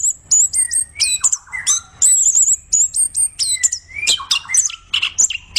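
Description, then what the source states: Orange-headed thrush giving a varied song of high wavering whistles and rapid repeated note groups, with lower slurred notes between phrases. Singing persistently in full voice, described as 'gacor'.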